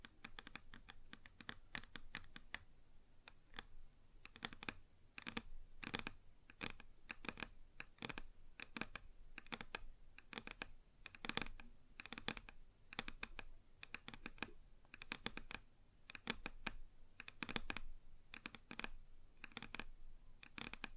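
Fingers tap and scratch on a wooden surface in quick, uneven bursts, each tap a sharp bright click. The sound keeps up steadily for the whole stretch, with clusters of rapid hits and short pauses, a bit like typing on a keyboard.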